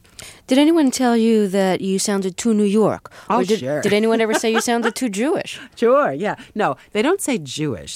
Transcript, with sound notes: Did anyone tell you that you sounded too New York?
Oh, sure (laughter).
Did anyone ever say you sounded too Jewish?
Sure. Yeah. No, they don't say Jewish.